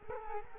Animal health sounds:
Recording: mosquito wingbeat signal from an infrared sensor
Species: Culex quinquefasciatus

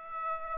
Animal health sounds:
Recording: mosquito wingbeat signal from an infrared sensor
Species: Aedes aegypti

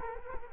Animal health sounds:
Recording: mosquito wingbeat signal from an infrared sensor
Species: Culex quinquefasciatus

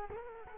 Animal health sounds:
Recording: mosquito wingbeat signal from an infrared sensor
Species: Culex quinquefasciatus

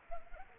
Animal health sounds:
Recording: mosquito wingbeat signal from an infrared sensor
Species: Anopheles arabiensis

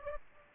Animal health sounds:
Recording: mosquito wingbeat signal from an infrared sensor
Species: Aedes aegypti

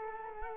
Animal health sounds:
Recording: mosquito wingbeat signal from an infrared sensor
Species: Culex quinquefasciatus

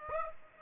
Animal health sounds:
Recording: mosquito wingbeat signal from an infrared sensor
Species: Aedes aegypti

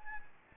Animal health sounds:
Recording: mosquito wingbeat signal from an infrared sensor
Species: Anopheles gambiae

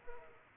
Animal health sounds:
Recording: mosquito wingbeat signal from an infrared sensor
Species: Aedes aegypti

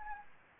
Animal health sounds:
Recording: mosquito wingbeat signal from an infrared sensor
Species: Anopheles gambiae

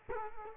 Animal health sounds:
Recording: mosquito wingbeat signal from an infrared sensor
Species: Culex quinquefasciatus

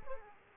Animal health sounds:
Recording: mosquito wingbeat signal from an infrared sensor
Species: Aedes aegypti

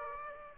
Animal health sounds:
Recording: mosquito wingbeat signal from an infrared sensor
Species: Aedes aegypti

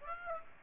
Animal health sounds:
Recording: mosquito wingbeat signal from an infrared sensor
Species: Aedes aegypti

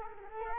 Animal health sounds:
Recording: mosquito wingbeat signal from an infrared sensor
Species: Culex quinquefasciatus

